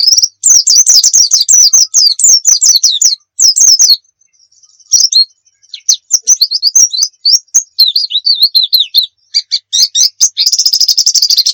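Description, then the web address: White-eye song: long, varied stream of high downslurred whistles and twitters, a short break, then more notes ending in a dense buzzy trill. Muria white-eye; recording used for training (masteran) songbirds. "pleci muria. masteran pleci"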